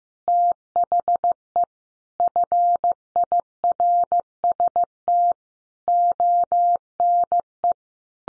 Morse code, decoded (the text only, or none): THE FIRST ONE